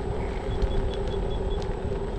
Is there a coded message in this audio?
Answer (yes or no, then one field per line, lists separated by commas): no